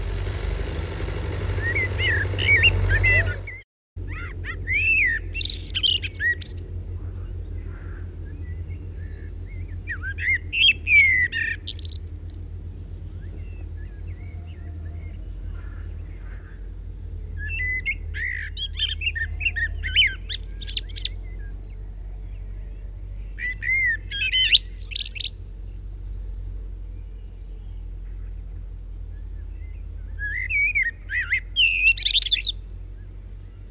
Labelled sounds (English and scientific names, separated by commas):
Common Blackbird (Turdus merula)